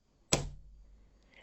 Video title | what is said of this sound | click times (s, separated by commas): Card Making with Cricut Watercolor Pens 🎁 Day 05 Christmas Craft Countdown 2024 | quite a loud thunky click actually so you probably hopefully did hear it | 0.3 s